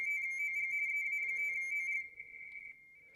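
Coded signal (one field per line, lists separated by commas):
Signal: RTTY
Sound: warbling two-tone teletype chatter, a fast high-pitched burble near 2 kHz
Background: radio static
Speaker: oh here we got some coming in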